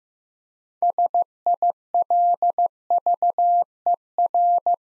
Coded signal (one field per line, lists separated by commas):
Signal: Morse code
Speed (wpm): 15 wpm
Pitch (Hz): 700 Hz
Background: none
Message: SILVER